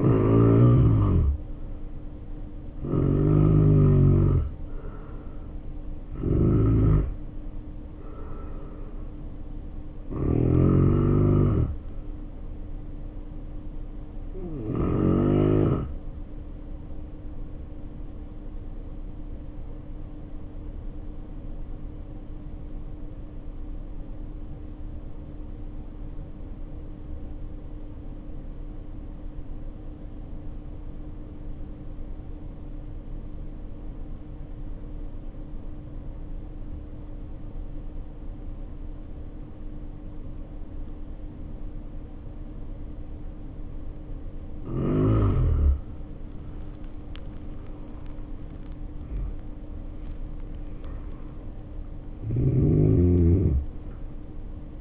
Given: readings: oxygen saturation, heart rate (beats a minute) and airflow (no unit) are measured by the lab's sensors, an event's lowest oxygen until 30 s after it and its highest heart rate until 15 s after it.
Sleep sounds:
breathing in sleep by a smartphone at the bedside; 1
12.00-42.00 s: new sleep stage, N1 (lightest sleep)
18.00-43.10 s: hypopnea (N1, oxygen 93% highest, then 80% lowest, heart rate 52 at the start, 67 highest)
42.00-54.81 s: new sleep stage, N2 (light sleep)
From the record:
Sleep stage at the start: N2 (light sleep); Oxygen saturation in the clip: 79 to 94%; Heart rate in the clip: 50 to 67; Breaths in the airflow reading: 15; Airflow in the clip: -3.8 to 3.6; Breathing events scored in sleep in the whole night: 520 in 7.2 hours asleep

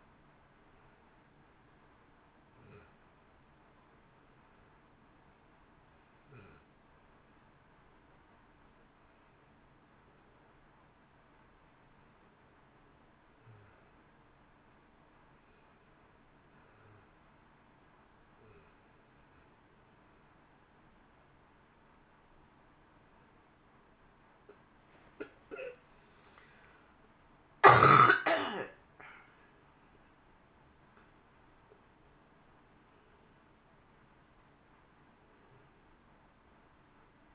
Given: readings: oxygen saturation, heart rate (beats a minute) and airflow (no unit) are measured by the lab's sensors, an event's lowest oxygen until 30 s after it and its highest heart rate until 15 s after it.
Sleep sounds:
a person awake in a sleep study, by a voice recorder at the bedside; 1
6.00-28.70 s: hypopnea (N1, oxygen 91% highest, then 89% lowest, heart rate 63 at the start, 76 highest)
18.00-37.35 s: new sleep stage, awake
24.00-37.35 s: awake
From the record:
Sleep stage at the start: N1 (lightest sleep); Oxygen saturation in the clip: 89 to 91%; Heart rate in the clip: 63 to 76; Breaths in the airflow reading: 6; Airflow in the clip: -7.8 to 15.2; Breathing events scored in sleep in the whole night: 328 in 6.3 hours asleep

